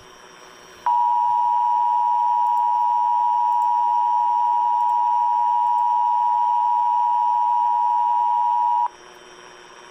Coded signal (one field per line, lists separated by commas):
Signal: Emergency Alert System (SAME) tones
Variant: 853 and 960 Hz attention tone